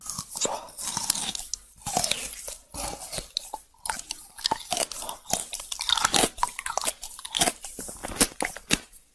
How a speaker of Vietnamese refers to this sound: Nó móc trái tim của hắn ra khỏi lồng ngực, bỏ vào miệng nhai ngấu nghiến.